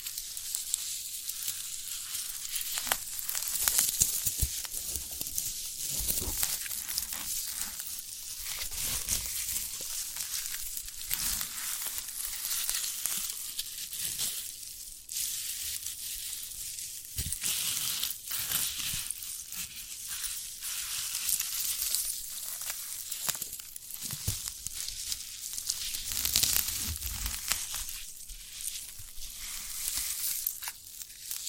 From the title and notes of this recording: ASMR of a Sprouted Coconut (No Talking).